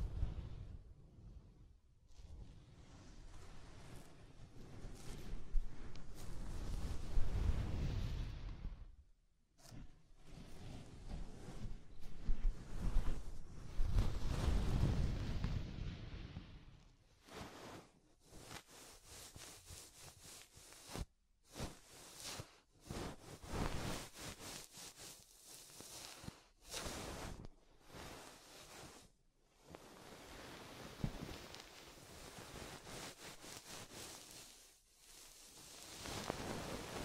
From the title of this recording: ASMR Deep Ear Tingles Soft & Fluffy Triggers